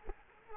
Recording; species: mosquito wingbeat signal from an infrared sensor; Culex quinquefasciatus